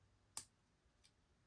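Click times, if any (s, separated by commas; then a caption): 0.4 s. The frame lock of a titanium folding knife snaps into place behind the opened blade with a sharp, bright metal-on-metal click at 0.4 s, followed by a much fainter tick at 1.1 s. The lock seats, though the metallic sound may come from its spring having been put in a little wonky.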